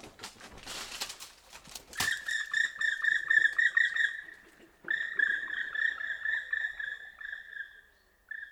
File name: pic noir